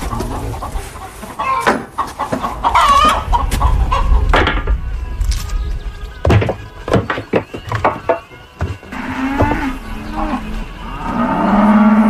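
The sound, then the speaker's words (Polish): Hens cluck in quick, choppy bursts while cows low with deep, drawn-out moos, the farmyard sounds overlapping steadily and fairly loud throughout. “Sąsiad ma kury, ja mam mleko.”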